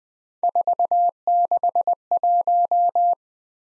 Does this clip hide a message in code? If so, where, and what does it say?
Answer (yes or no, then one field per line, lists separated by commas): yes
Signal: Morse code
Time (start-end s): 0.4-3.1 s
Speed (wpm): 19 wpm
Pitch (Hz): 700 Hz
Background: none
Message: 461